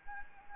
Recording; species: mosquito wingbeat signal from an infrared sensor; Anopheles gambiae